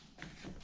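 A plastic storage tray is slid gently into the radio bezel of a 5th Gen 4Runner during a Dasaita Vivid11 install. It clicks into place at 0.2 seconds with a short, sharp tap over low background noise, and the tray is seated.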